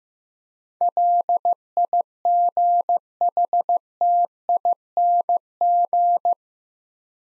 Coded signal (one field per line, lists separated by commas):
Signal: Morse code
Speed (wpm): 15 wpm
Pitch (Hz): 700 Hz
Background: none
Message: LIGHTING